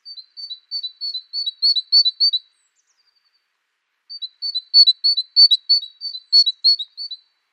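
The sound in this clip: Great tit song: high two-note phrases repeated rapidly in two bursts of about two and a half and three seconds, separated by a short silence.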